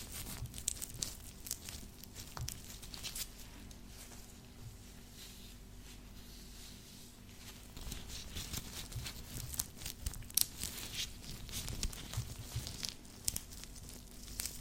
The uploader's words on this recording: ASMR Scratching (With Gloves).